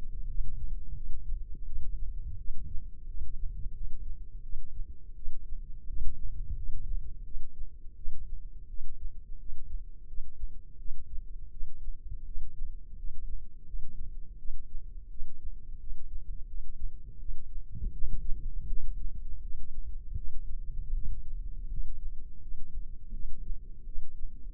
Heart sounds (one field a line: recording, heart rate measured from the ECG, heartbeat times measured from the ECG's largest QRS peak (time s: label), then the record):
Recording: heart sounds by microphone in the left ear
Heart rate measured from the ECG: 84 bpm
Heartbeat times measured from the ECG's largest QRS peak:
0.27 s: heartbeat
0.95 s: heartbeat
1.65 s: heartbeat
2.37 s: heartbeat
3.06 s: heartbeat
3.73 s: heartbeat
4.42 s: heartbeat
5.15 s: heartbeat
5.87 s: heartbeat
6.54 s: heartbeat
7.23 s: heartbeat
7.95 s: heartbeat
8.67 s: heartbeat
9.37 s: heartbeat
10.06 s: heartbeat
10.77 s: heartbeat
11.50 s: heartbeat
12.24 s: heartbeat
12.96 s: heartbeat
13.65 s: heartbeat
14.37 s: heartbeat
15.09 s: heartbeat
15.78 s: heartbeat
16.47 s: heartbeat
17.18 s: heartbeat
17.91 s: heartbeat
18.67 s: heartbeat
19.41 s: heartbeat
20.15 s: heartbeat
20.93 s: heartbeat
21.68 s: heartbeat
22.40 s: heartbeat
23.12 s: heartbeat
23.84 s: heartbeat
From the record:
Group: healthy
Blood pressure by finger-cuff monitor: 107/77 mmHg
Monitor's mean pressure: 86 mmHg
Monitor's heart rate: 84 bpm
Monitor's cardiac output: 6 L/min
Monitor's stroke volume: 72 mL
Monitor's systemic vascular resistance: 1050 dyn s/cm5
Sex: female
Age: 19 years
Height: 163 cm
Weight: 51 kg